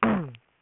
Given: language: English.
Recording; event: throat vibration sensor signal played as sound; throat clearing